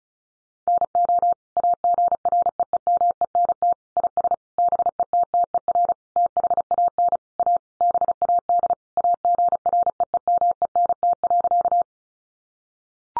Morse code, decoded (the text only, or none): NO AGREEMENT IS BETTER THAN A BAD AGREEMENT.